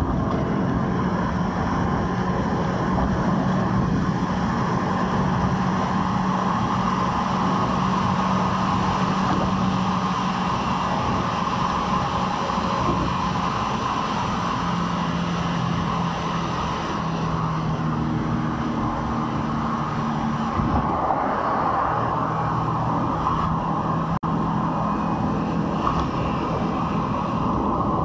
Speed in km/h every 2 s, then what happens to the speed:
76, 79, 79, 79, 80, 78, 77, 74, 70, 65, 64, 69, 71, 71.
0-11 steady at about 79. 11-19 slows to 64. 19-28 speeds up to 71.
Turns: none.